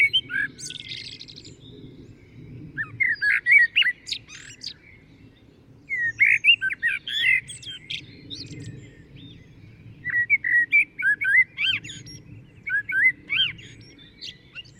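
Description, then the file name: Common blackbird song: repeated phrases of fluty notes and sharp high squeaks, with a faint low rumble underneath. "Turdus merula"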